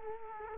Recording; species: mosquito wingbeat signal from an infrared sensor; Culex quinquefasciatus